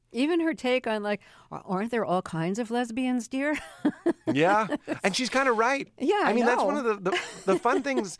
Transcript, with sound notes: Even her take on, like, aren't there all kinds of lesbians, dear (laughter)?
Yeah. And she's kind of right.
Yeah, I know.
I mean, that's one of the fun things